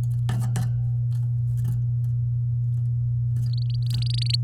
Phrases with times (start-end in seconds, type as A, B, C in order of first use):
3.46-4.36 A